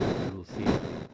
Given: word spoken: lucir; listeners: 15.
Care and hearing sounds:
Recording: one Spanish word in noise, from a listening test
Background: noise modulated by one talker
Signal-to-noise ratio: -9.3 dB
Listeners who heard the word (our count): 1 of 15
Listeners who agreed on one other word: 12 of 15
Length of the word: 0.74 s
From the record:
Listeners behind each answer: 12, 1, 1, 1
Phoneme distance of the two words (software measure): 14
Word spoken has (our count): 2 syllables, 5 phonemes, stress on syllable 2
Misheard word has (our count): 3 syllables, 5 phonemes, stress on syllable 2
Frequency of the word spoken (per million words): 3.56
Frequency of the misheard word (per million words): 22.88

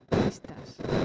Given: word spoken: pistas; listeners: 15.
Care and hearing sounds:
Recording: one Spanish word in noise, from a listening test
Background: noise modulated by one talker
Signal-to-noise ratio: -7.8 dB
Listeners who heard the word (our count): 3 of 15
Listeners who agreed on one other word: 6 of 15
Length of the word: 0.65 s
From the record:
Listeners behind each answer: 6, 6, 3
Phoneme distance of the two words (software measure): 10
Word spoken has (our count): 2 syllables, 6 phonemes, stress on syllable 1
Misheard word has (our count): 2 syllables, 6 phonemes, stress on syllable 1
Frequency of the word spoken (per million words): 14.04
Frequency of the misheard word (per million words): 18.07

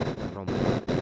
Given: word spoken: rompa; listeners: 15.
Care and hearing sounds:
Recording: one Spanish word in noise, from a listening test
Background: noise modulated by one talker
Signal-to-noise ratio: -12.6 dB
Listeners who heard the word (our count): 1 of 15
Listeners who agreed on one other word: 7 of 15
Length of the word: 0.61 s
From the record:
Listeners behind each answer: 7, 3, 2, 1, 1, 1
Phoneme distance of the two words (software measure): 7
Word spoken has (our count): 2 syllables, 5 phonemes, stress on syllable 1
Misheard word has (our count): 2 syllables, 4 phonemes, stress on syllable 1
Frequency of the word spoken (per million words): 3.38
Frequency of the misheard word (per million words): 55.46

